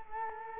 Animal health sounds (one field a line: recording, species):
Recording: mosquito wingbeat signal from an infrared sensor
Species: Culex quinquefasciatus